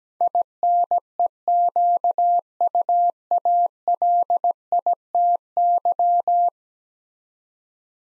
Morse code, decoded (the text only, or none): INEQUALITY